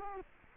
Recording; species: mosquito wingbeat signal from an infrared sensor; Culex quinquefasciatus